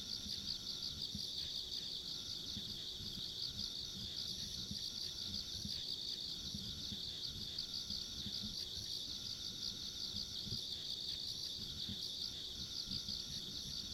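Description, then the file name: Continuous insect trilling, rapid and even, overlaid with a faint high-pitched hum and low background noise. Ambient insect sounds recorded along a rural country road. "田舎道の虫の環境音"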